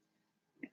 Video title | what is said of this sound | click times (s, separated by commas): Suctioning/Trach Care/Chest Tubes | Push in and turn it to the side, down we go till it clicks. | 0.6 s